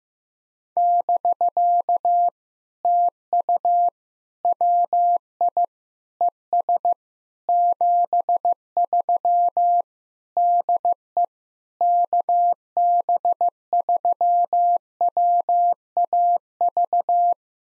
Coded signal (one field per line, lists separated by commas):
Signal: Morse code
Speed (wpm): 15 wpm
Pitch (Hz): 700 Hz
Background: none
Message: <BK> TU WI ES 73 DE KB3WAV